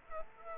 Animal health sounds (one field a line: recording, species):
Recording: mosquito wingbeat signal from an infrared sensor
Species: Aedes aegypti